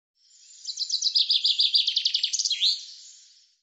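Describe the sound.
Common chaffinch song: a fast run of bright notes falling in steps, ending in a short flourish.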